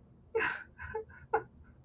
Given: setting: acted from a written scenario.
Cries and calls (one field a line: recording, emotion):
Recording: vocal sound without words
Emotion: sadness